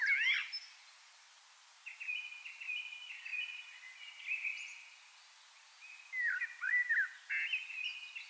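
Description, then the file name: Eurasian blackbird song, soft and intermittent: scattered high twittering notes, then a clearer burst of fluty slurred whistles near the end. "Turdus merula"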